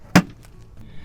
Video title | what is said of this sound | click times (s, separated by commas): Electric Lawn Mower vs Gas Lawn Mower Review | push it down tap back here snaps in place | 0.2 s